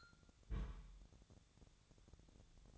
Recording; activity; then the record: daily activity, microphone in the room; place on stove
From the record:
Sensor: 3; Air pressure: 999.3 hPa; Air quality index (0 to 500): 196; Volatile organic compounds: 43 ppm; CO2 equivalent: 3196 ppm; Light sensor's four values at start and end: 7/18/7/7 and 7/18/7/7